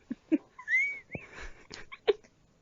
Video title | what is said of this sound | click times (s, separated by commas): Episode 7: Mercury do be in Retrograde tho | hear that snap? That's the snap of my bangs getting clipped onto my head. | 2.1 s